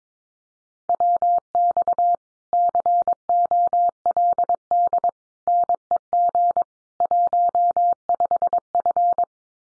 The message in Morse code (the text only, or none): WX COLD NEG 15F